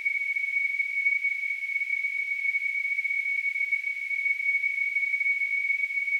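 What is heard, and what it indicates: A steady, unbroken high-pitched whistle near 2.3 kHz holds for about six seconds over a faint hiss, with no low sounds. It is a simulated tinnitus sound, imitating the constant tonal ringing a person with tinnitus perceives.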